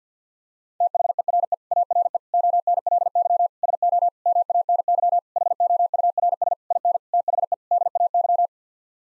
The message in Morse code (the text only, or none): THERE ARE ONLY SO MANY HOURS IN THE DAY